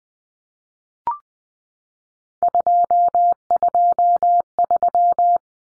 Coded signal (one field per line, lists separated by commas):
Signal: Morse code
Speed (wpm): 20 wpm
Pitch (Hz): 700 Hz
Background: none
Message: 223